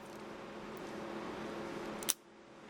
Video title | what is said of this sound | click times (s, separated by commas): Rio Bone and Gurren Lagann toy review | There we go, nice solid click. | 2.1 s